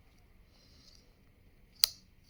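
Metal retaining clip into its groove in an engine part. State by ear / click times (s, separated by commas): seated / 1.8 s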